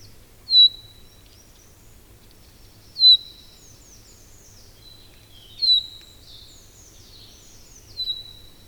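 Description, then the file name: Common chaffinch calls, sharp high notes sliding down and levelling off, given about every two to three seconds, with faint twittering between them in a quiet setting. "Fringilla coelebs"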